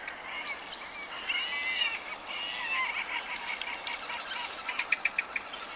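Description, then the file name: Eurasian blue tit giving short phrases of a high thin note and four rapid clipped notes, heard twice, amid a chorus of other songbirds. "Cyanistes caeruleus"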